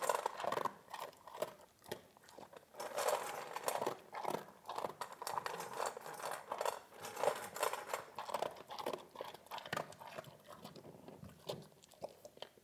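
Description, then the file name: Dog chewing food: steady crunchy bites and crackling chews, loud and dense at first, then thinning toward the end. "Hund frisst"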